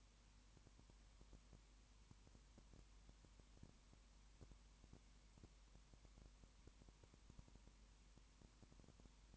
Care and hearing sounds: daily activity, microphone in the room; no activity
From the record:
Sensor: 1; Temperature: 19.7 degrees Celsius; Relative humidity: 40.5%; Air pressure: 1010.6 hPa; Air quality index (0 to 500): 209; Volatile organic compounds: 56 ppm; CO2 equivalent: 3372 ppm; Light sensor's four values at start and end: 1/2/1/1 and 1/2/1/1

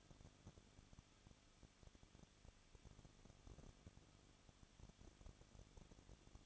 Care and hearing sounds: daily activity, microphone in the room; no activity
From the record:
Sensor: 4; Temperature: 23.1 degrees Celsius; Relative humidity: 34.5%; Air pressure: 1007.2 hPa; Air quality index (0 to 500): 215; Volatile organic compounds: 15 ppm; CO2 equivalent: 2489 ppm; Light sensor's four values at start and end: 2/3/1/1 and 2/3/1/1

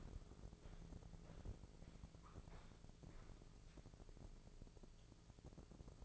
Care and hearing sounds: daily activity, microphone in the room; walk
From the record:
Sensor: 5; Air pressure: 1005.6 hPa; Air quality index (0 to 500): 89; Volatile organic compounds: 2 ppm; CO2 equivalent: 1078 ppm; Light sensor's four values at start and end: 33/76/30/28 and 33/76/30/28

